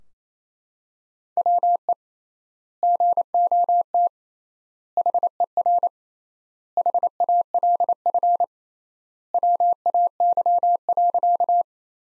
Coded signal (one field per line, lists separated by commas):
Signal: Morse code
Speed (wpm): 27 wpm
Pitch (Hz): 700 Hz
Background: none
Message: WE GOT HER HALF WAY.